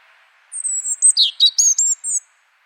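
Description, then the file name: European robin song: a high thin whistle opening into a quick sequence of sweet, warbling and trilled notes about a second and a half long, with faint low background hiss. "Erithacus rubecula"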